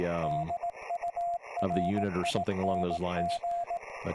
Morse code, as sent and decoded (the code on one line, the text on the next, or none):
-.. ..- .-. .. -. --.
DURING